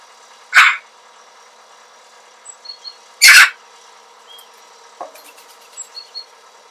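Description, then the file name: Eurasian magpie giving two loud, grating calls a few seconds apart, with faint high chirps around them. "Pica pica"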